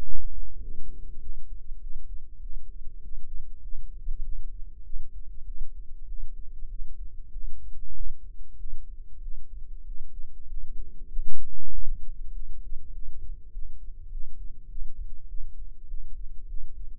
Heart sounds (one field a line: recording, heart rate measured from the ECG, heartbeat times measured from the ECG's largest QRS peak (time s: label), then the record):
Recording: heart sounds by microphone in the left ear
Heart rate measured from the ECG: 98 bpm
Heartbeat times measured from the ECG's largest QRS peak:
0.01 s: heartbeat
0.60 s: heartbeat
1.19 s: heartbeat
1.78 s: heartbeat
2.39 s: heartbeat
3.00 s: heartbeat
3.60 s: heartbeat
4.21 s: heartbeat
4.82 s: heartbeat
5.44 s: heartbeat
6.06 s: heartbeat
6.67 s: heartbeat
7.30 s: heartbeat
7.92 s: heartbeat
8.56 s: heartbeat
9.20 s: heartbeat
9.83 s: heartbeat
10.46 s: heartbeat
11.08 s: heartbeat
11.70 s: heartbeat
12.31 s: heartbeat
12.91 s: heartbeat
13.50 s: heartbeat
14.09 s: heartbeat
14.67 s: heartbeat
15.26 s: heartbeat
15.86 s: heartbeat
16.46 s: heartbeat
From the record:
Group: healthy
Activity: rest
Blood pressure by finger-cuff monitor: 105/66 mmHg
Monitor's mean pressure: 78 mmHg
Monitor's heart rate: 98 bpm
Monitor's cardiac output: 8.1 L/min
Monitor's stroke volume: 84 mL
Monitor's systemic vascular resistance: 710 dyn s/cm5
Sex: male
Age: 19 years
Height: 178 cm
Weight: 83 kg